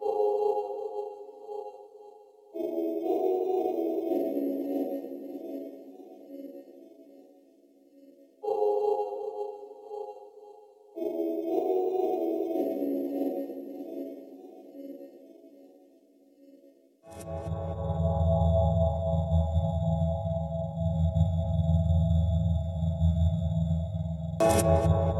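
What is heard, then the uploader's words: Looped, processed frog calls turned into sustained tuned tones that repeat in sections, cutting in abruptly around 2, 8 and 11 seconds. After 17 seconds a deep droning layer rumbles underneath the ringing tones, ending with a sharp bright burst near 25 seconds. Frogs singing through the night - looped and treated and tuned and treated and looped. Spring peepers reimagined by Alex Vlad.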